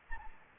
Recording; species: mosquito wingbeat signal from an infrared sensor; Anopheles gambiae